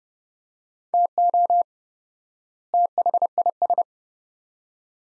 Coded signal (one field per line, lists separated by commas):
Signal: Morse code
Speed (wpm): 29 wpm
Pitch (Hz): 700 Hz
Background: none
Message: TO THIS